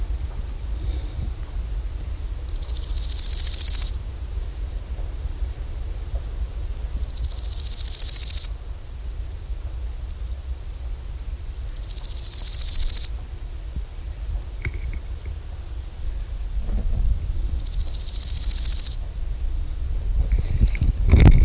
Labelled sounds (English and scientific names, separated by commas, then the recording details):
Large Gold Grasshopper (Chrysochraon dispar) stridulation
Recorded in the wild
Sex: male
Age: imago
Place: Liebenthal, Schorfheide, Brandenburg, DE
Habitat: Neben Weg vor dem Waldrand, Hochgras - Krautgürtel
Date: 1999-07-25 15:57
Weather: heiter, 27-29°C
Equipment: Sony WM-D6C, Sennheiser ME 80, Kopie Uher 4000 Report Monitor
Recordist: Tembrock, Günter